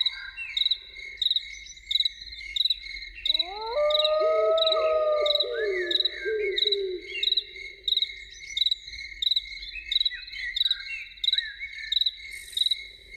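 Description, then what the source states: Loon wail, a loud, long, mournful note that rises and holds for several seconds before breaking into wavering notes, with crickets chirping steadily around it. Evening soundscape with loons.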